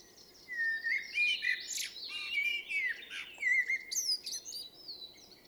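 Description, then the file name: Common blackbird pouring out a long mellow warbled phrase with rising squeaky notes. "Turdus merula"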